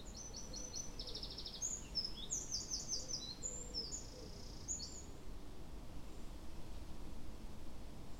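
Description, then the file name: Eurasian wren song: a fast run of high, trilled and whistled phrases, some rattling, others sliding, lasting about five seconds over a steady low rumble. "Troglodytes troglodytes"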